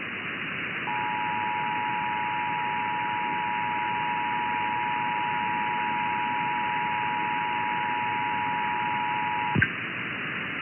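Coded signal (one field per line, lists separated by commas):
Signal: Emergency Alert System (SAME) tones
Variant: 853 and 960 Hz attention tone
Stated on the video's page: Recorded Tennessee required monthly EAS tests.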